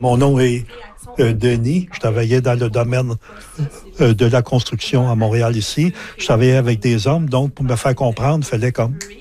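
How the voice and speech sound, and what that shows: An adult man speaks French at a steady low pitch, with stretched vowels after his first words and on a place name. A one-second silent stop breaks one phrase. These prolongations and blocks fit stuttering.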